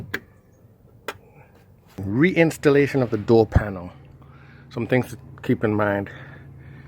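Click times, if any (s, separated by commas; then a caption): 0.1 s. The door window switch electronics unit of a Mercedes ML350 W164 is slid back into its plastic holder in the interior door panel and seats with a sharp click at 0.1 s. A second sharp tap follows at 1.1 s, and then someone talks.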